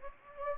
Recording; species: mosquito wingbeat signal from an infrared sensor; Anopheles gambiae